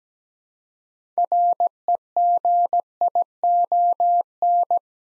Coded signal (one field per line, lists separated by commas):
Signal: Morse code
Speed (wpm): 17 wpm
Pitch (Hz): 700 Hz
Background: none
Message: REGION